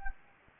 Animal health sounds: mosquito wingbeat signal from an infrared sensor; Anopheles gambiae

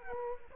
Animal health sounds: mosquito wingbeat signal from an infrared sensor; Aedes aegypti

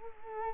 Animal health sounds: mosquito wingbeat signal from an infrared sensor; Culex quinquefasciatus

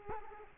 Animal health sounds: mosquito wingbeat signal from an infrared sensor; Culex quinquefasciatus

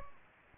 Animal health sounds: mosquito wingbeat signal from an infrared sensor; Aedes aegypti

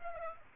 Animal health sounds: mosquito wingbeat signal from an infrared sensor; Aedes aegypti

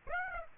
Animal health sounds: mosquito wingbeat signal from an infrared sensor; Aedes aegypti

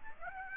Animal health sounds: mosquito wingbeat signal from an infrared sensor; Aedes aegypti

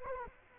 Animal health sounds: mosquito wingbeat signal from an infrared sensor; Culex quinquefasciatus

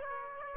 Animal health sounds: mosquito wingbeat signal from an infrared sensor; Aedes aegypti

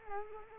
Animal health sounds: mosquito wingbeat signal from an infrared sensor; Culex quinquefasciatus

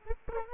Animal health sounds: mosquito wingbeat signal from an infrared sensor; Anopheles arabiensis

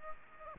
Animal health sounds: mosquito wingbeat signal from an infrared sensor; Aedes aegypti

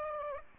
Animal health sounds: mosquito wingbeat signal from an infrared sensor; Aedes aegypti

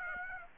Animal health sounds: mosquito wingbeat signal from an infrared sensor; Aedes aegypti

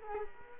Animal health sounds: mosquito wingbeat signal from an infrared sensor; Culex quinquefasciatus

